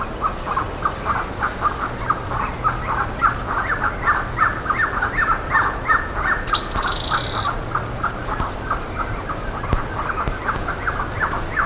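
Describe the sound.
Bird calls: short notes repeated about four times a second throughout, with thin high chirps above and one loud, harsh burst midway.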